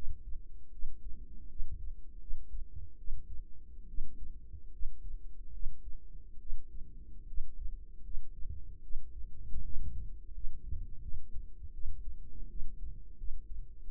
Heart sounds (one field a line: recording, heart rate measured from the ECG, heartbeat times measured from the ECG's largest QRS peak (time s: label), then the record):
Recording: heart sounds by microphone in the right ear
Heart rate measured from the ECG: 78 bpm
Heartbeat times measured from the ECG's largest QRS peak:
0.71 s: heartbeat
1.48 s: heartbeat
2.19 s: heartbeat
2.97 s: heartbeat
3.87 s: heartbeat
4.71 s: heartbeat
5.52 s: heartbeat
6.38 s: heartbeat
7.26 s: heartbeat
8.03 s: heartbeat
8.81 s: heartbeat
9.63 s: heartbeat
10.33 s: heartbeat
11.01 s: heartbeat
11.72 s: heartbeat
12.48 s: heartbeat
13.16 s: heartbeat
13.83 s: heartbeat
From the record:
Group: healthy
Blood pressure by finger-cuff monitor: 102/53 mmHg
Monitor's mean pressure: 68 mmHg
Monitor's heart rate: 78 bpm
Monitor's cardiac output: 7.2 L/min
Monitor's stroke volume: 94 mL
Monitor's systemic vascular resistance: 680 dyn s/cm5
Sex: female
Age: 22 years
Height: 157 cm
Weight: 47.6 kg